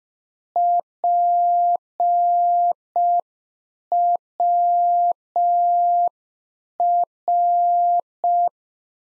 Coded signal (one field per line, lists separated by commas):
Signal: Morse code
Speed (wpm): 5 wpm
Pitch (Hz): 700 Hz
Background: none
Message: PWR